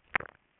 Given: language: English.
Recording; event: throat vibration sensor signal played as sound; swallow